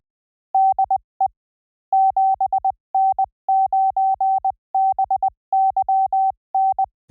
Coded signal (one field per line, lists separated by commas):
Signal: Morse code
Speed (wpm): 20 wpm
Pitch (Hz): 770 Hz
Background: none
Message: DE 7N9BYN